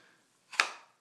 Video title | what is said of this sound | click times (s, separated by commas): Custom Sheath For Spyderco Sage 2 | right in there with a nice click | 0.6 s